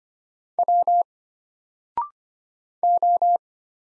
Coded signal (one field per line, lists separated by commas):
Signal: Morse code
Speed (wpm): 25 wpm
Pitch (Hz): 700 Hz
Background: none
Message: W O